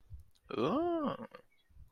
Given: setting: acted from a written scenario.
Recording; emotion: vocal sound without words; awe